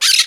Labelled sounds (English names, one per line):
Brown-throated Parakeet contact call